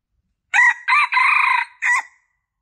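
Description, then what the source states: Junglefowl giving a single coarse crow in four parts, against silence. Male; lure call (suara pikat) used to attract junglefowl.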